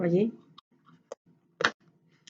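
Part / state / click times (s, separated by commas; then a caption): plastic snap lid on small storage container / seated / 1.7 s. Someone talks briefly, followed by a few light plastic ticks as the snap-on lid of a small plastic diamond-painting storage container, about the size of a Tic Tac box, is handled. At 1.6 s a sharp, bright click is heard as the lid clips shut firmly, and a faint tick follows near the end.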